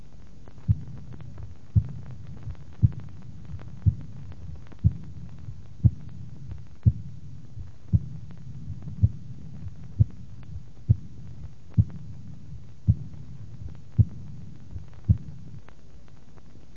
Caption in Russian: Мягкий, дующий протодиастолический шум. Первый тон ослаблен, второй тон сохранен.